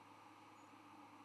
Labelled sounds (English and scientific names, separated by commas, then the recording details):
White-throated Sparrow (Zonotrichia albicollis) flight call
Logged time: 06:34 on 10 November 2014